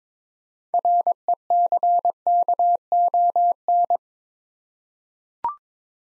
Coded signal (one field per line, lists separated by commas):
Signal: Morse code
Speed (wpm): 22 wpm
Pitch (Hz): 700 Hz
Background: none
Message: RECKON